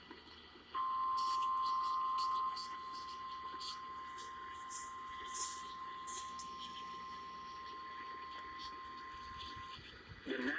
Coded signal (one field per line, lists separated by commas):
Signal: Emergency Alert System (SAME) tones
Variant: 1050 Hz attention tone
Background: speech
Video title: I APPARENTLY FORGOT THIS ONE! Broadcast Radio EAS: Flash Flood Warning on KOA AM 850 (6/21/23)